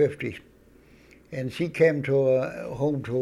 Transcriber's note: none